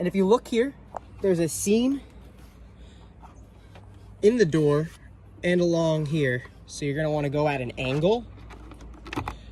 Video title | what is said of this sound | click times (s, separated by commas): How To Replace Side View Mirror on 2019 Volkswagen Jetta S | You hear that click, and then just push into place. | 9.1 s, 9.3 s